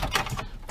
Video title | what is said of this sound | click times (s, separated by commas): AFR is Done | pops into place | 0.2 s